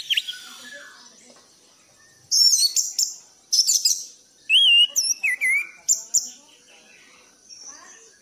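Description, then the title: Thrush song: loud phrases of whistled and looping notes in quick bursts after a quiet start. Recording for training cage birds; lively singing. "anis gacor teler"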